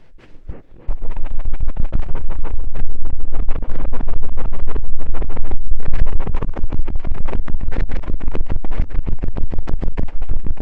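A cotton swab cleaning an ear makes dense, rapid scratchy rubbing, starting after a brief quiet moment and continuing steadily with frequent sharp clicks.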